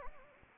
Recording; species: mosquito wingbeat signal from an infrared sensor; Anopheles arabiensis